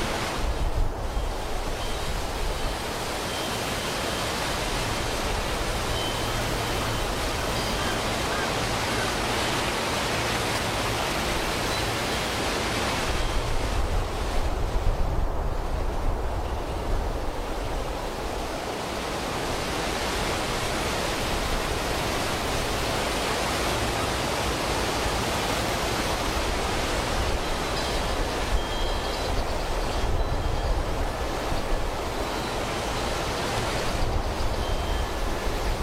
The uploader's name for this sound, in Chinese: 森林间的风